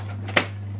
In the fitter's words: in, push upwards, and hear a click sound.